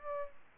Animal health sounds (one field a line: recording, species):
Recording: mosquito wingbeat signal from an infrared sensor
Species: Aedes albopictus